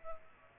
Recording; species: mosquito wingbeat signal from an infrared sensor; Culex pipiens